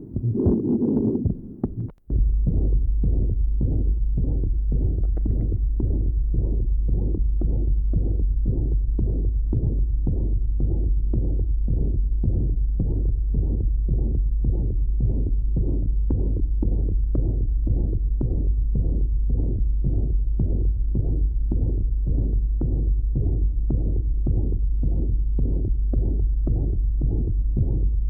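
Regular low-pitched heartbeats at about 90 a minute, each with a soft, grunting ejection murmur in systole, over a steady low hum. An innocent systolic murmur heard at the pulmonary area, with normal splitting of the second heart sound.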